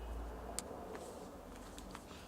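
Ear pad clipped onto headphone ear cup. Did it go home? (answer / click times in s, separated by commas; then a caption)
yes / 0.6 s, 2.0 s. A replacement headphone ear pad's plastic clips are pressed into the grooves around the ear cup. Sharp clicks land at 0.6 s and 2.0 s, with a few softer ticks in between over a low background hum. The pad snaps into place and is seated on the cup.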